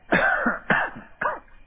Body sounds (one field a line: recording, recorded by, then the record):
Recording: voluntary cough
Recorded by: telephone call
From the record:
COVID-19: positive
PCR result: checked with the laboratory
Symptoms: no